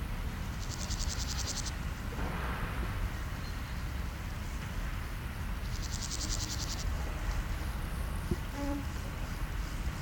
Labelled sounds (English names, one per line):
Meadow Grasshopper stridulation